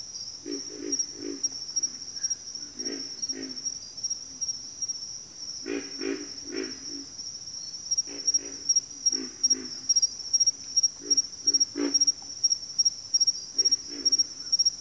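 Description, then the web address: Pig frog low, snoring grunts in bursts of two or three, coming every few seconds, against a continuous high-pitched insect drone. "ENTER Music and Audio J - Nature Songs Nature Sounds Sounds of Nature Collection Pig Frogs"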